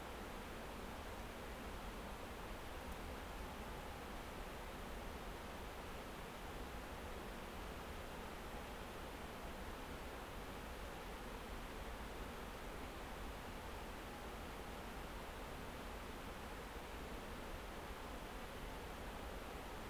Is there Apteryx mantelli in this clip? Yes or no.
no